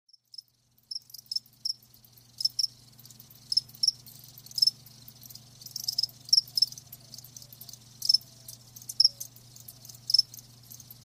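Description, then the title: Crickets chirping: sharp, high chirps repeated irregularly over a steady low hum. "Live Crickets Chirping"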